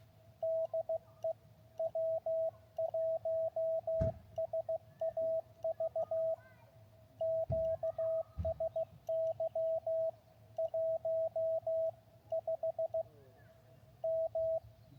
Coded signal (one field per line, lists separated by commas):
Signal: Morse code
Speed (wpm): 16 wpm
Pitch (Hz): 650 Hz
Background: radio noise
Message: DE W1SAV QSY 15 M